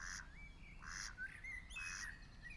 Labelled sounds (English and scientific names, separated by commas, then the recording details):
Mallard (Anas platyrhynchos)
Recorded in Germany
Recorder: ecoPi